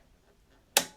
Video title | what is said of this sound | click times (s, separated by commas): How I Sew on Paper - Sewing Machine Setup - New Tool and Thread | And I'm always pushing until I hear a click. | 0.8 s